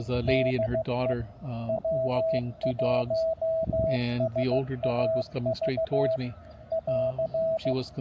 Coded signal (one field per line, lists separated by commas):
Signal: Morse code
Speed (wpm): 15 wpm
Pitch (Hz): 650 Hz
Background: speech, radio noise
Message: DE W1SAV <AR>